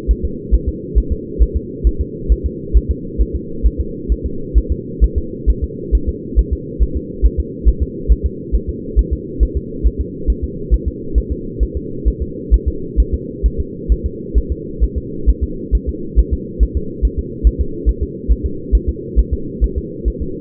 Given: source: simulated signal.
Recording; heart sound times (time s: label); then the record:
fetal heart sounds
0.11 s: S1
0.25 s: S2
0.54 s: S1
0.69 s: S2
0.98 s: S1
1.12 s: S2
1.42 s: S1
1.56 s: S2
1.87 s: S1
2.01 s: S2
2.32 s: S1
2.46 s: S2
2.77 s: S1
2.91 s: S2
3.21 s: S1
3.36 s: S2
3.66 s: S1
3.81 s: S2
4.12 s: S1
4.26 s: S2
4.58 s: S1
4.72 s: S2
5.04 s: S1
5.18 s: S2
5.50 s: S1
5.64 s: S2
5.95 s: S1
6.09 s: S2
6.39 s: S1
6.53 s: S2
6.83 s: S1
6.97 s: S2
7.25 s: S1
7.40 s: S2
7.68 s: S1
7.82 s: S2
8.12 s: S1
8.26 s: S2
8.55 s: S1
8.69 s: S2
8.99 s: S1
9.13 s: S2
9.43 s: S1
9.57 s: S2
9.87 s: S1
10.01 s: S2
10.30 s: S1
10.44 s: S2
10.74 s: S1
10.88 s: S2
11.18 s: S1
11.32 s: S2
11.63 s: S1
11.77 s: S2
12.08 s: S1
12.22 s: S2
12.54 s: S1
12.68 s: S2
13.00 s: S1
13.14 s: S2
13.46 s: S1
13.60 s: S2
13.92 s: S1
14.06 s: S2
14.38 s: S1
14.52 s: S2
14.83 s: S1
14.98 s: S2
15.29 s: S1
15.43 s: S2
15.75 s: S1
15.89 s: S2
16.19 s: S1
16.33 s: S2
16.63 s: S1
16.77 s: S2
17.05 s: S1
17.19 s: S2
17.47 s: S1
17.61 s: S2
17.89 s: S1
18.03 s: S2
18.31 s: S1
18.46 s: S2
18.75 s: S1
18.89 s: S2
19.19 s: S1
19.33 s: S2
19.64 s: S1
19.78 s: S2
20.08 s: S1
20.22 s: S2
From the record:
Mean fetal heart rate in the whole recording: 135 bpm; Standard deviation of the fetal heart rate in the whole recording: 3 bpm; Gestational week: 34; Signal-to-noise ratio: -4.3 dB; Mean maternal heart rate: 72 bpm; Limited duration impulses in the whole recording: absent